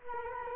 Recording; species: mosquito wingbeat signal from an infrared sensor; Culex quinquefasciatus